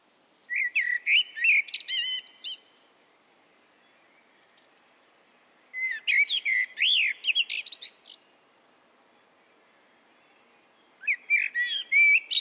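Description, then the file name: Common blackbird singing three phrases, each a few mellow fluted notes running into a bright, scratchy high flourish, with pauses of about three seconds between them. "Turdus merula"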